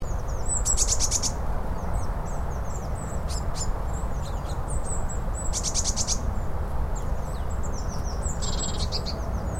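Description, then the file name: Eurasian blue tit giving harsh, buzzy churring bursts three times, mixed with many thin, high chirps and ticks over a steady low rumble. "Cyanistes caeruleus"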